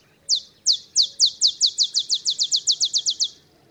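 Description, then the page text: Olive sparrow song, clean and loud: evenly falling chips that begin deliberately and accelerate into a brisk, steady trill of about sixteen notes. Olive sparrow singing in the early morning in Texas, 50 miles north of the Mexican border; simple songs like a field sparrow's bouncing-ball song, though less mellow and melancholy. "songs Olive Sparrow. Recording early morning just 50 miles north of the Mexican border in Texas. Birdsong for the Curious Naturalist"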